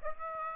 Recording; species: mosquito wingbeat signal from an infrared sensor; Aedes aegypti